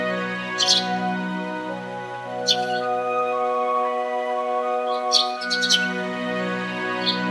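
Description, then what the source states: Eurasian tree sparrow giving short, bright chirps in scattered bursts, some in quick pairs, over a steady humming drone. Kamishima, Mie Prefecture, Japan.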